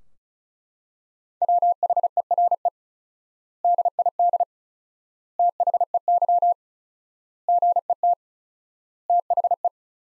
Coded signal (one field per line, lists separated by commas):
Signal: Morse code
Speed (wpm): 36 wpm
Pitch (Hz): 700 Hz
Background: none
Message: WHERE DID THEY GET THE